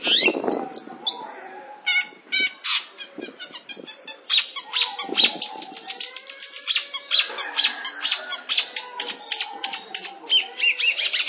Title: Audio Cendet Pentet